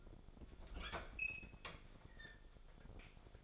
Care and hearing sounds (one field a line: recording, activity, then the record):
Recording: daily activity, microphone in the room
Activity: open fridge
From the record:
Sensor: 5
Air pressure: 1004.7 hPa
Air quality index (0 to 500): 158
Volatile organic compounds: 3 ppm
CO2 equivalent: 1494 ppm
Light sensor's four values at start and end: 21/48/19/17 and 22/49/20/19